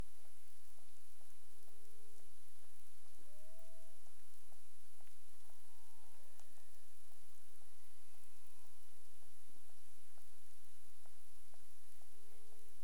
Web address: CARIMAM BERMUDE 20212204 23 h 47 clic